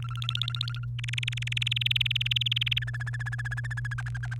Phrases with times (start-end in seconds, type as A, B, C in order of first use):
0.02-0.85 A, 0.99-2.78 B, 2.82-3.94 C, 3.98-4.35 D